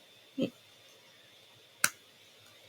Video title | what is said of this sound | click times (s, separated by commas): first impressions - NEW TO ME face + lip products - kosas, nyx, oden's eye, fantasy cosmetica + more | And it locks like you can hear it click. | 1.8 s